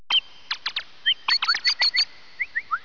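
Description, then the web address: Bird calls: sharp high chirps in quick clusters, with short rising whistled notes repeated near the end, over a quiet background. "特酷声音素材库 动物 鸟 Bird"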